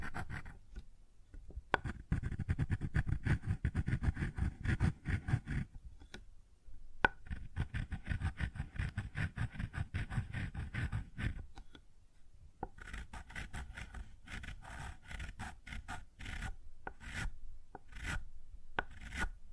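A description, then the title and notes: Something is rubbed and scraped over a wooden surface in quick, rasping back-and-forth strokes. Strokes come in bursts, with short pauses near 1.5, 6.5 and 12 seconds. The later passages sound lighter and brighter, with scattered small knocks. ASMR Sounds on Wooden Surface (No Talking).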